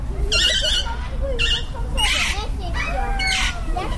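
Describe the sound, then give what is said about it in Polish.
Rose-ringed parakeets squawk in four harsh, shrill bursts, each a raspy screech with a strained, buzzy pitch, rising over a constant low rumble of background noise. “okazało się, że warunki, które tam panują, są wystarczająco sprzyjające, żeby aleksandrety przetrwały.”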